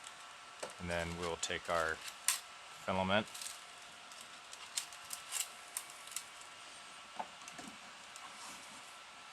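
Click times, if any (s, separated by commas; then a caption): none. Someone talks briefly, then handles a filament spool on a Flashforge Creator Pro 2 Independent Dual Extruder 3D printer, bringing it to the spool holder with a series of light, sharp taps and clicks between about 4.8 and 7.2 seconds. The spool has not snapped onto the holder yet; nothing has seated or clicked into place by the end of the clip.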